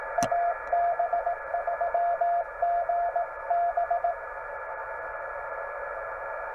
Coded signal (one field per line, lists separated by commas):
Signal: Morse code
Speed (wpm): 16 wpm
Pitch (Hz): 690 Hz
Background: radio noise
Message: AB3GB